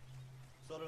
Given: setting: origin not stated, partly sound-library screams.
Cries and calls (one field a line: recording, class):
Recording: one-second piece from a danger detection set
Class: normal situation